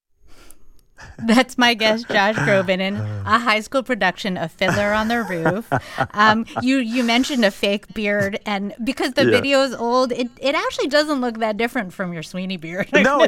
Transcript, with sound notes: That's my guest Josh Groban in a high school production of "Fiddler On The Roof."
(Laughter).
You mentioned a fake beard.
Yeah.
And because the video's old, it actually doesn't look that different from your "Sweeney" beard